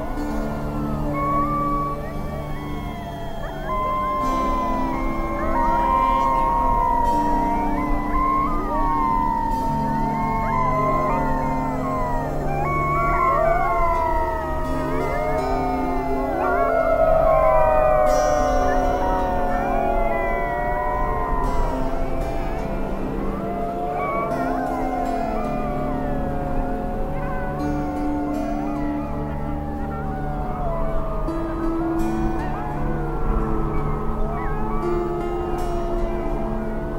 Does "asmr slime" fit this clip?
no